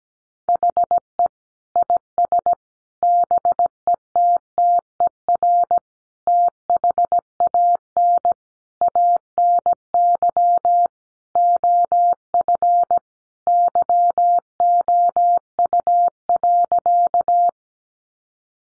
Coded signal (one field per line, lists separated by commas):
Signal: Morse code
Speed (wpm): 17 wpm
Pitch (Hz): 700 Hz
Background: none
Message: HE IS BETTER THAN ANY OF YOU.